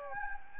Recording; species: mosquito wingbeat signal from an infrared sensor; Anopheles gambiae